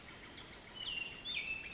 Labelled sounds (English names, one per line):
Western Flycatcher